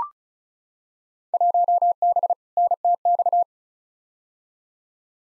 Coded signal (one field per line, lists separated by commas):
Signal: Morse code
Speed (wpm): 34 wpm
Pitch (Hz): 700 Hz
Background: none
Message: 1B NTX